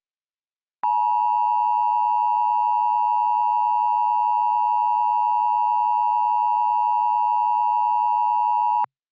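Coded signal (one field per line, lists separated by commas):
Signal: Emergency Alert System (SAME) tones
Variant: 853 and 960 Hz attention tone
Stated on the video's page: Fictional EAS scenario about an asteroid impact near the West Coast.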